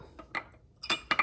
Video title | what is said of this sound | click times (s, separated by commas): CTS-V LSA LOW OIL PRESSURE engine damage 800+rwhp SBE | it just snaps right in | 1.1 s